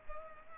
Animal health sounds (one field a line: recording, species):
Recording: mosquito wingbeat signal from an infrared sensor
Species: Culex pipiens